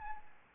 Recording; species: mosquito wingbeat signal from an infrared sensor; Aedes albopictus